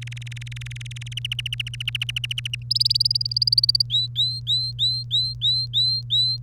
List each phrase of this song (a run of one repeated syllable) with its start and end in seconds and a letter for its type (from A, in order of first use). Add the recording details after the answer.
0.01-1.13 A, 1.17-2.55 B, 2.70-3.82 C, 3.90-6.37 D. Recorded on 1 May 2018 at 05:48. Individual llb3